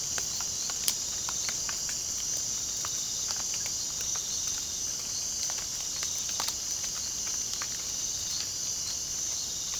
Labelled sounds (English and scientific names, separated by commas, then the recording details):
none
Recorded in pastures near Puerto Asís, Putumayo, Colombia, on 25 June 2025 at 00:00
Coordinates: 0.497, -76.327
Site G040